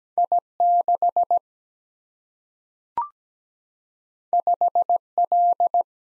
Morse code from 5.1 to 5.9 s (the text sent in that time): L